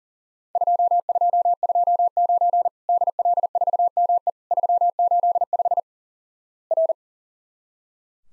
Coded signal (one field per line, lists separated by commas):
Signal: Morse code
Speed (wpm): 42 wpm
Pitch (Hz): 700 Hz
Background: none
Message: 2229 DL4ME 385 R